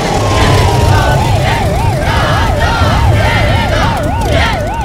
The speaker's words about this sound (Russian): Монреаль, 1972 год. Вечер. По улицам в сопровождении полицейской машины движется большой зеленый автобус.